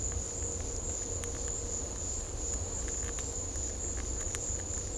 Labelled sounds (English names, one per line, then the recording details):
none
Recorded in secondary vegetation near Puerto Asís, Putumayo, Colombia, on 18 December 2024 at 14:00
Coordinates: 0.500, -76.326
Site G065